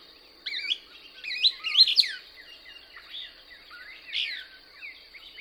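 Couch's Kingbird producing a short run of squeaky, twisting chip notes that swell and then fade into quieter chatter, with one more louder burst later, over a steady high-pitched hum.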